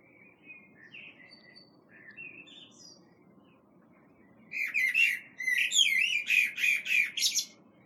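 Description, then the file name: Common blackbird singing: quiet mellow phrases first, then a strong warbled phrase of rising and falling whistles closing with thin, scratchy high notes. "Turdus merula"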